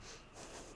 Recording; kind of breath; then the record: one breath in and out by a microphone near the nose and mouth; strong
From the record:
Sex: female